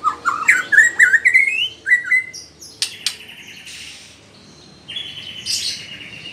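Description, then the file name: White-rumped shama singing a fast rising run of whistled notes and a short level whistle, then a softer buzzy note and background hiss. Female. "murai batu betina"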